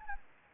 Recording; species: mosquito wingbeat signal from an infrared sensor; Anopheles gambiae